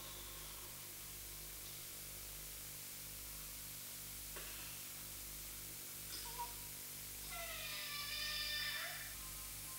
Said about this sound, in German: Euer Majestät sollten nicht so laut schnurren.